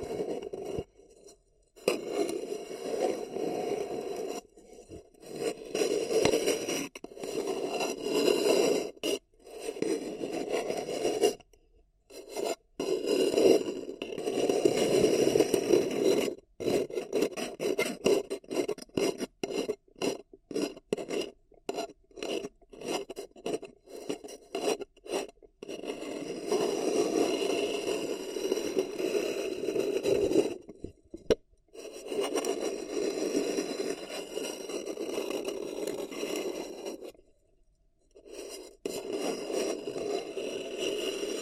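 Paper cups rasp and scrape in close, busy rubbing bursts centred low-mid, broken by frequent brief silences and a longer pause near 37 seconds.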